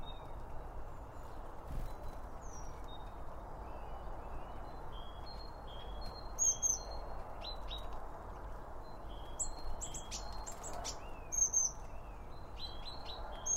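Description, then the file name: Birds chirping busily, many sharp, high, clipped calls and short slurred whistles, some overlapping, over a low background rumble. Birds around a bird feeder, recorded with two Line Audio OM 1 microphones. "Birds Around Birdfeeding With Two Om 1 From Line Audio"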